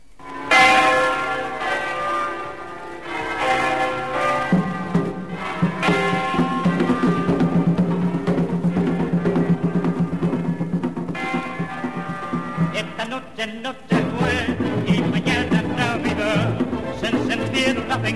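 Bright, ringing bell tones chime in steady patterns over a full orchestral arrangement, a 1948 recording of a Christmas candombe by an orquesta típica, with a sustained low accompaniment and a brief drop before the music swells again.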